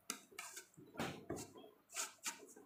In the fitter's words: แต่ว่าทำไมมันไม่ยังเข้าล็อกนี้เราต้องปรับไม่ได้ครับให้เข้าล็อคให้ได้